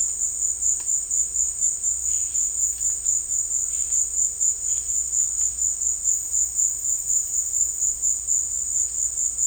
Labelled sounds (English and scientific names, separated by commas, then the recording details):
none
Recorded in dense forest near Puerto Asís, Putumayo, Colombia, on 21 December 2024 at 14:00
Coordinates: 0.485, -76.318
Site GP03